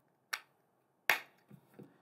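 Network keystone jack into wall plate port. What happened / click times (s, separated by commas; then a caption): The small plastic connector snapped home in its port / 1.1 s. A network keystone jack, the second one, is turned clip-up, hinged down and pushed into the lower port of a plastic wall plate. A short sharp click sounds at 0.3 s, then the jack snaps in with a louder, sharp click at 1.1 s, followed by a few soft low handling bumps. The jack is seated, with both jacks now inserted in the plate.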